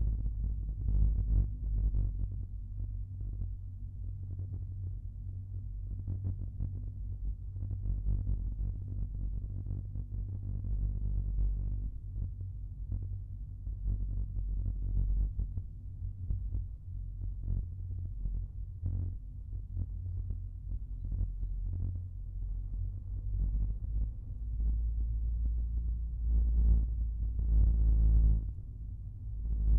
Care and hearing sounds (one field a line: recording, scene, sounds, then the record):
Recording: everyday scene through a hearing-aid microphone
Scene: in a vehicle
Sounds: engine, rumble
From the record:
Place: Skoda Fabia, gasoline engine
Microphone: behind the ear, right, rear